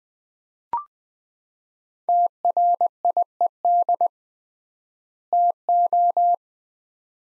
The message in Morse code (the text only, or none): TRIED TO